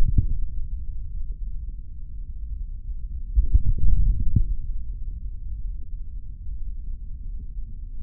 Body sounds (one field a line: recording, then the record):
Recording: forearm muscle sounds (acoustic myography)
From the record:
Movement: hand closing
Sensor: system 3, bracelet of six PUI Audio POM-2738L microphones around the upper forearm, with dedicated amplification and filtering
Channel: 5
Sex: male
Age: 26 years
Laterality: right